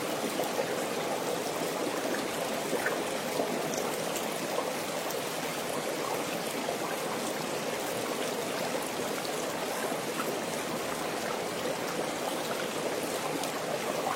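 Water from an outdoor hot spring trickles and bubbles in a steady, dense wash, mid-toned with bright droplet flecks, unchanging throughout.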